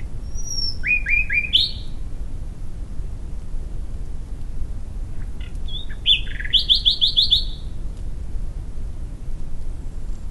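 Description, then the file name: Common nightingale singing two bursts, each a fast series of repeated liquid notes and trills, the second phrase starting after a long pause; low rumbling background noise throughout. "Luscinia megarhynchos"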